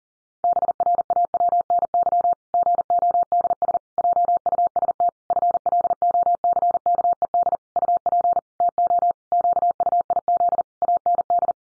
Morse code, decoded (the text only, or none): BRAWNY GODS JUST FLOCKED UP TO QUIZ AND